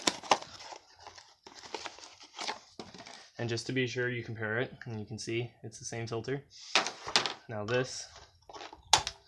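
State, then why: Seated. A paper cartridge oil filter element for a Scion iM is pushed onto the plastic filter housing cap. Someone talks, with small handling crinkles, and then a single sharp click at 8.9 s. The element is seated and solidly mounted on the cap.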